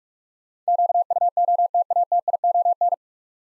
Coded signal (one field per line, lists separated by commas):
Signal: Morse code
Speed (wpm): 47 wpm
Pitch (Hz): 700 Hz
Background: none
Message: QUOTATION